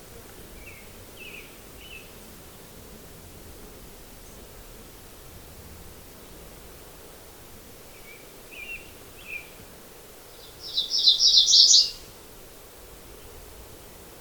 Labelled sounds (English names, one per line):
MacGillivray's Warbler song